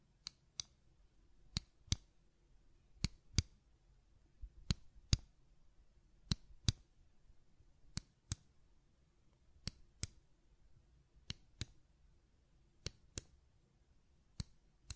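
Sharp button clicks arrive in close pairs roughly every one and a half seconds, crisp and bright, over a faint low hum.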